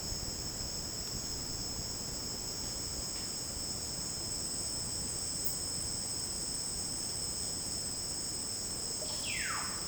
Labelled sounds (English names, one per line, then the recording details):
Violaceous Jay
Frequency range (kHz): Violaceous Jay 0.5-3.9 kHz
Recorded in dense forest near Puerto Asís, Putumayo, Colombia, on 25 June 2025 at 12:30
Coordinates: 0.499, -76.324
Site G100